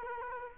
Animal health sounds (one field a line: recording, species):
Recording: mosquito wingbeat signal from an infrared sensor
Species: Culex quinquefasciatus